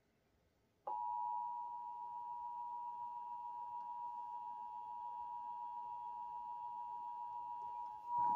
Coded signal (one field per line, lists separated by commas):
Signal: Emergency Alert System (SAME) tones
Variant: 853 and 960 Hz attention tone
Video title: EAS Alerts from July 30 - 31 2024 SWO KHB59 Beaver CH12